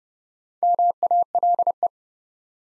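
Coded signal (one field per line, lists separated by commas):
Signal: Morse code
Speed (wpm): 32 wpm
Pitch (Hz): 700 Hz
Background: none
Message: MALE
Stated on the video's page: Four-letter words sent at 30 wpm for head-copy practice, each sent once, spoken, then sent again.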